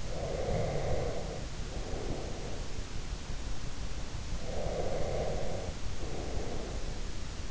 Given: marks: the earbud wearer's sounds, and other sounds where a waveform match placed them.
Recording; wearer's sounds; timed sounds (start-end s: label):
sounds in sleep by an in-ear microphone; breath
0.00-2.89 s: breath
4.46-7.12 s: breath